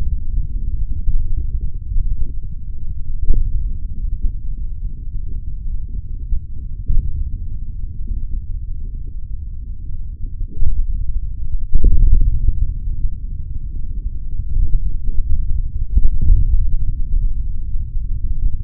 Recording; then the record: forearm muscle sounds (acoustic myography)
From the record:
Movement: hand opening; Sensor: system 3, bracelet of six PUI Audio POM-2738L microphones around the upper forearm, with dedicated amplification and filtering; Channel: 1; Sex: male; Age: 56 years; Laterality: right